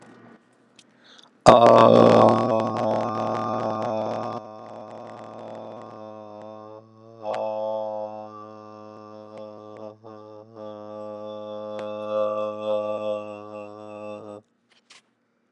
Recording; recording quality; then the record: sustained vowel as in made; excellent, no background noise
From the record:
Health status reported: healthy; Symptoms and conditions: diabetes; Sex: male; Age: 42 years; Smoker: not ticked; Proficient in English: yes